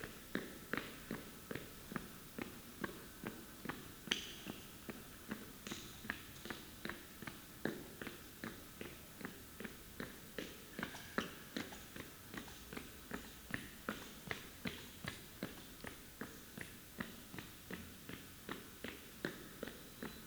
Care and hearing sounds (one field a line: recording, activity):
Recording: daily activity, guitar pickup as the sensor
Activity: run